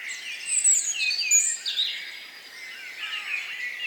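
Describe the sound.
Birds chirping, a tangle of high twittering notes and short whistles from several birds at once.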